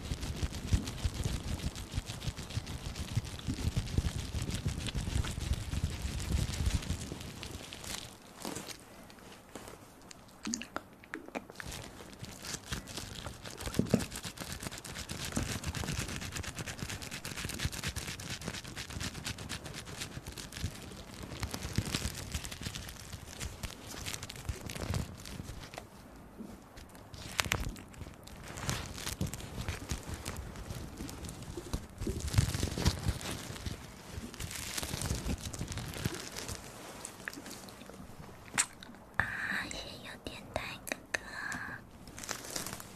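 Ear massage sounds fill the clip with dense, continuous rubbing and crackling, broken by quick sharp clicks and brief quieter gaps throughout.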